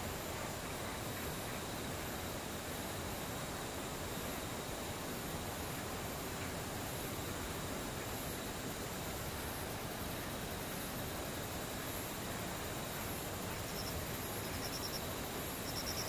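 Insects drone in a constant, dense chorus, with steady high-pitched whines held at several pitches above a thick, even hiss that never lets up. Near the end, a few quick, bright chirps flicker over the top of the unchanging wash.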